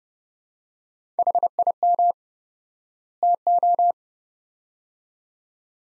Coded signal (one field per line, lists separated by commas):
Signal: Morse code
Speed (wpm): 31 wpm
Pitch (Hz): 700 Hz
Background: none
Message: HIM TO